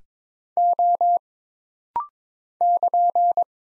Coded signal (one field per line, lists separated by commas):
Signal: Morse code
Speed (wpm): 22 wpm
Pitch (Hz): 700 Hz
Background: none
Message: O <KN>